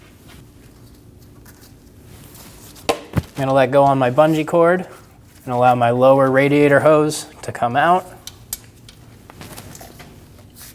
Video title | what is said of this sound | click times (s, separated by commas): How to Replace Radiator 2012-2022 Volkswagen Passat | Push until you hear a click. | 2.9 s